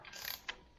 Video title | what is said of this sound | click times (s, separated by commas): Water pump replacement and broken boom on Rogator 1254 | I think the nut stripped out | 0.3 s, 0.5 s